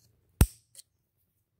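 A flathead screwdriver is pushed into the locking tab of the plastic wiring connector on an ignition coil pack of a 2017 Jetta TSI 1.4 and gently pried. The lock clicks open with one sharp click at 0.4 s, followed by a fainter, softer tick at 0.8 s. The connector is released so the plug can come off.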